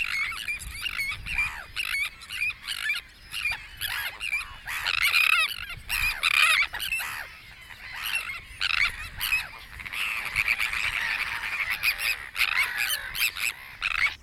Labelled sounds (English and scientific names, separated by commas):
Sandwich Tern (Thalasseus sandvicensis) call